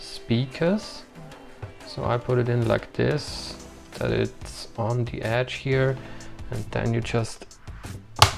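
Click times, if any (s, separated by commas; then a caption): 8.2 s. An iPad Pro 2018 is placed against one edge of an ESR hard protective case shell and flipped in while someone talks over soft background music. A sharp click at 8.2 s marks the tablet snapping into the case, and it is seated.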